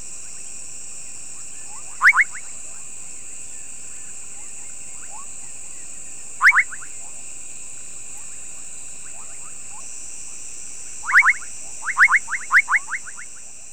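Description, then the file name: Bubbling kassina calls: short, rising, bubbly notes at spaced intervals, then a quicker series at the end, over a steady high drone. "Kassina senegalensis"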